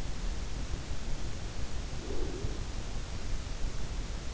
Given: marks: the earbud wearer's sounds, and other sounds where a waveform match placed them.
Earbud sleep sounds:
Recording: sounds in sleep by an in-ear microphone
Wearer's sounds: breath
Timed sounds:
1.89-3.37 s: breath

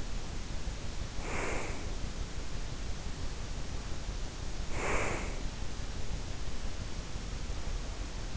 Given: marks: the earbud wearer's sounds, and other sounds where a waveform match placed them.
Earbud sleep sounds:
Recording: sounds in sleep by an in-ear microphone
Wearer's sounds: breath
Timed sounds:
1.05-2.09 s: breath
4.47-5.70 s: breath

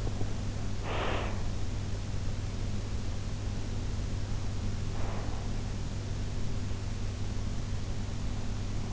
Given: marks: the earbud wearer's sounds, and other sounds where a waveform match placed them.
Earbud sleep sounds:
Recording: sounds in sleep by an in-ear microphone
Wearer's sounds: breath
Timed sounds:
0.00-1.46 s: breath
4.79-5.70 s: breath

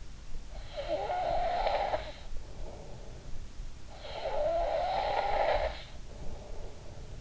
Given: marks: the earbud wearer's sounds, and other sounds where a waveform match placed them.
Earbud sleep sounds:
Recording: sounds in sleep by an in-ear microphone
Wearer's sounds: snoring breath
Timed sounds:
0.46-3.25 s: snoring breath
3.90-7.21 s: snoring breath

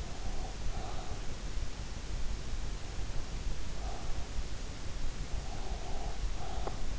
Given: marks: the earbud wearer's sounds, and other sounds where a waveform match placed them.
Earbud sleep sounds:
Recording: sounds in sleep by an in-ear microphone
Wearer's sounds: breath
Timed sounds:
0.00-1.52 s: breath
5.45-6.98 s: breath

